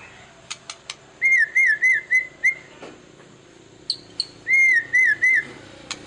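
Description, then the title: White-rumped shama song: two sets of four or five wavering whistled notes separated by a pause, with a few clicks and light background hiss. Lure recording meant to make other white-rumped shamas respond; described as a lively, frequently singing bird. "PANCINGAN MEWAH MURAI BATU GACOR, SEKALI DENGAR AMPUH LANGSUNG RESPON"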